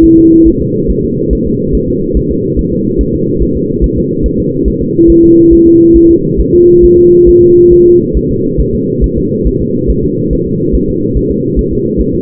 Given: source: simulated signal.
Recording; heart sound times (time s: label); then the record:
fetal heart sounds
0.04 s: S1
0.18 s: S2
0.48 s: S1
0.62 s: S2
0.90 s: S1
1.05 s: S2
1.33 s: S1
1.47 s: S2
1.75 s: S1
1.89 s: S2
2.17 s: S1
2.31 s: S2
2.59 s: S1
2.73 s: S2
3.01 s: S1
3.15 s: S2
3.43 s: S1
3.57 s: S2
3.84 s: S1
3.98 s: S2
4.26 s: S1
4.40 s: S2
4.68 s: S1
4.82 s: S2
5.10 s: S1
5.24 s: S2
5.53 s: S1
5.67 s: S2
5.96 s: S1
6.11 s: S2
6.40 s: S1
6.55 s: S2
6.85 s: S1
6.99 s: S2
7.29 s: S1
7.43 s: S2
7.73 s: S1
7.87 s: S2
8.17 s: S1
8.31 s: S2
8.61 s: S1
8.75 s: S2
9.04 s: S1
9.18 s: S2
9.47 s: S1
9.62 s: S2
9.90 s: S1
10.05 s: S2
10.33 s: S1
10.47 s: S2
10.75 s: S1
10.89 s: S2
11.17 s: S1
11.31 s: S2
11.59 s: S1
11.73 s: S2
12.00 s: S1
12.15 s: S2
From the record:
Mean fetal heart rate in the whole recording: 140 bpm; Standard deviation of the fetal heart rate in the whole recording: 2 bpm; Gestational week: 34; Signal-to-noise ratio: -11.2 dB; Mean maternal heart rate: 72 bpm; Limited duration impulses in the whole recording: present